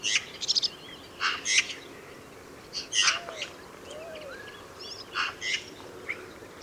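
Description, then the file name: Eurasian magpie: harsh, rasping chattering bursts in irregular clusters, with a few thin whistles and steady background hiss. "Pica pica"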